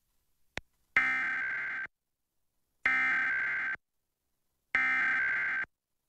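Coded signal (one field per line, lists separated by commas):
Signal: Emergency Alert System (SAME) tones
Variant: header bursts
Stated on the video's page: Real 2023 national test broadcast on Tampa Bay TV stations, unedited, recorded from a streaming TV service.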